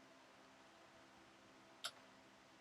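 A torque wrench set to 13 foot-pounds tightens a bolt on the engine of a 2007 Ninja ZX6R motorcycle being rebuilt after sitting for 10 years. A steady low hiss fills the clip until the wrench gives one sharp, bright click at 1.9 s. The click confirms the bolt has reached the set torque.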